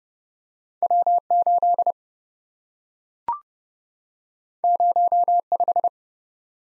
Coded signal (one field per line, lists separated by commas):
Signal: Morse code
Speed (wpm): 30 wpm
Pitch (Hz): 700 Hz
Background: none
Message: W8 05